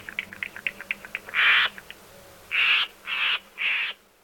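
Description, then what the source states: Florida Scrub-Jay calls: a run of quick soft clicking notes, then four loud harsh rasping calls, the last three about half a second apart. A cooperatively breeding species.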